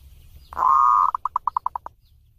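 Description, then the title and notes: Zebra dove song: a long level coo breaking into a string of several short, rapid pulses that fade. Compilation of zebra dove song intended for training (mastering) other birds. "Kupulan Burung Perkutut Pm3. burung perkutut yang bisa digunakan untuk memaster"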